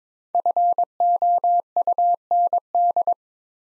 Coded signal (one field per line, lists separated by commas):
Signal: Morse code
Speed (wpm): 22 wpm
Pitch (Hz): 700 Hz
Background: none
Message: FOUND